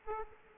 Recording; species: mosquito wingbeat signal from an infrared sensor; Aedes aegypti